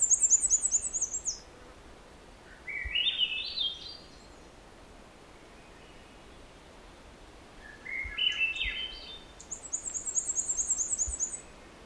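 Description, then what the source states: Black-and-white Warbler: thin, high-pitched repeated see-saw notes in fast series at the start and end. Crawls around like a nuthatch, hangs off branches and climbs up and down trees; striking zebra pattern.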